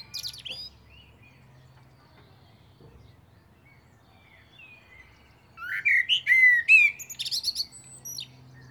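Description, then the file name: Common blackbird song: a brief high squeak, then a long quiet gap before a rich, fluting warble that ends in a rapid, chattering high twitter. "Turdus merula"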